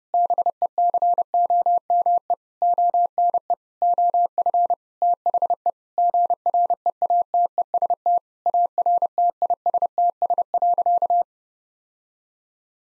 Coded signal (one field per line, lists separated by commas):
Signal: Morse code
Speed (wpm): 30 wpm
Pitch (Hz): 700 Hz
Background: none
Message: BECOME ONE OF THE GREATEST ARTISTS.